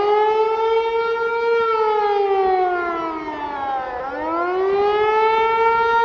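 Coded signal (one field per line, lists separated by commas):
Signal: siren signal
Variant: Hörmann HLS 273 siren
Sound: loud mechanical siren wail: steady pitch, slow fall, then rise again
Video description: Signal: Rising and falling tone Duration: 1 min. Meaning: Acute danger from air attacks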